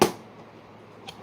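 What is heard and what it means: The second side of the front door on a See Spring plastic shoe storage box is pressed in and snaps home with a sharp click at 0.0 s, seating the door and finishing the box. A quiet pause follows, with a faint brief tap at 1.1 s.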